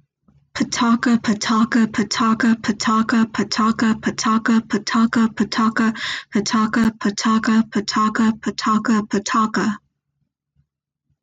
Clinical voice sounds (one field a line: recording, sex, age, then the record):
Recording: repeated syllables /pa ta ka/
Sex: female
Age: 20 to 29 years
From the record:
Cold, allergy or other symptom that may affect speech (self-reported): no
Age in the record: 24 years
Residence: Ohio, United States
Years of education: 19